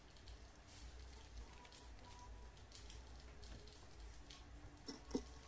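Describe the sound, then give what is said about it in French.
Rain falls steadily outside in a soft, even hiss dotted with faint crackling drops, and a brief sharper tap rises near the end. No one speaks. “J'espère que vous n'avez pas de bruit de fond ici parce qu'il pleut ici actuellement.”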